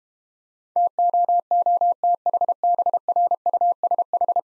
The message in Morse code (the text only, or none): TOOTHBRUSH